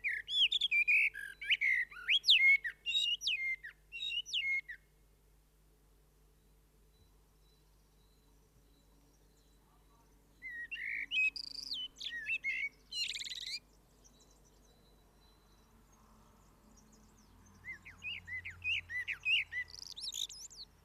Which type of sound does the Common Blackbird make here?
song